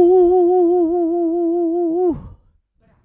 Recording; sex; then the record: sustained vowel /u/; female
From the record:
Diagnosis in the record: Parkinson's disease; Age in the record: 78 years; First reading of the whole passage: 164 s, 3.2 characters per second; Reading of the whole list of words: 108 s, 2.6 characters per second